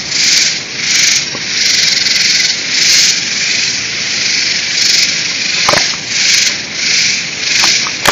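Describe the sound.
Robust true katydid calling, a loud rasping buzz pulsing on and off at a regular pace, occasional brief clicks in the background.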